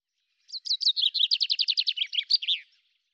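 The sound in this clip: Common chaffinch song: a single rattling run of clear notes at an even pace that slides downward and closes with an emphatic terminal flourish.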